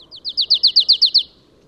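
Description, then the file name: Marsh tit: a single fast run of nine crisp, high, evenly spaced notes, slightly rising in loudness, over a soft low background. "Poecile palustris"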